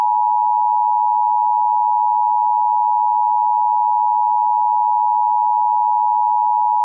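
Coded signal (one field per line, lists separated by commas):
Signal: Emergency Alert System (SAME) tones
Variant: 853 and 960 Hz attention tone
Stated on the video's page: Fictional EAS scenario recombined from two parts of an older scenario.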